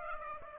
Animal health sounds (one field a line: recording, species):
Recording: mosquito wingbeat signal from an infrared sensor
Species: Aedes aegypti